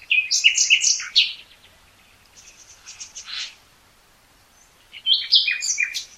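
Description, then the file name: Common nightingale song: a loud fast rattle of repeated notes, a quieter run of softer notes in the middle, then another rapid, jumbled trilling phrase. "Luscinia megarhynchos"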